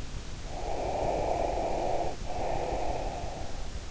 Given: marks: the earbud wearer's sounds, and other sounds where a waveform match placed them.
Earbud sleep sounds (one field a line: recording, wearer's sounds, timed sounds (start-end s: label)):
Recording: sounds in sleep by an in-ear microphone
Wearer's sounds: breath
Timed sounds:
0.49-3.78 s: breath